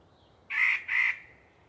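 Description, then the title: Yellow-breasted chat giving two harsh, nasal notes in quick succession. Particularly chatty bird giving a long pre-dawn soliloquy in deciduous cover. "A Very Chatty Yellow-breasted Chat"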